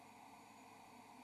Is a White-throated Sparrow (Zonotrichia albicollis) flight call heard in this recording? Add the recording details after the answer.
no. No flight call is heard. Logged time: 08:55 on 17 December 2014